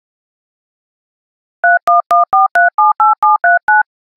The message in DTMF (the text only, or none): 3114378739